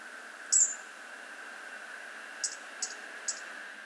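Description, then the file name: European robin making one sharp, thin high note followed by three quick, evenly spaced ticks over a constant faint hiss. "Erithacus rubecula"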